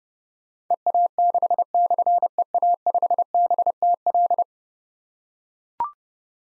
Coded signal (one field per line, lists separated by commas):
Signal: Morse code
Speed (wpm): 30 wpm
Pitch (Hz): 700 Hz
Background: none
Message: EA6/EA5BTL